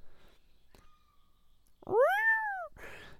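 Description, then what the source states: Bobcat scream: one loud, arching shriek that rises sharply, then falls away over under a second. Wild bobcat heard at night from the woods of Tarkiln Bayou nature reserve; first taken for a dog being attacked or a panther.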